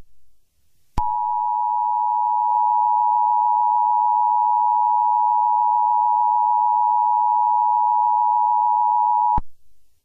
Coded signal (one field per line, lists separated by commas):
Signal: Emergency Alert System (SAME) tones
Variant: 853 and 960 Hz attention tone